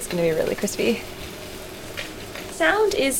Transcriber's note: sound of spam sizzling on the pan